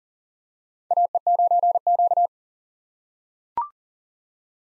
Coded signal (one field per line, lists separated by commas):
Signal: Morse code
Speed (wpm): 40 wpm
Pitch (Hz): 700 Hz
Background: none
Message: AE9Q